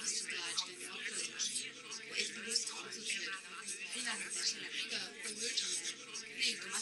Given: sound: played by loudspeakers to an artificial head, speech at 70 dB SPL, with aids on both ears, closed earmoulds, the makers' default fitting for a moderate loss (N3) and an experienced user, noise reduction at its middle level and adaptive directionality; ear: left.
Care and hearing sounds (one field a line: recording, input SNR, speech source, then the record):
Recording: speech test signal (ISTS) in cocktail-party noise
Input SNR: -3 dB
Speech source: on the right (90 degrees)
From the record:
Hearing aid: class 1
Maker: H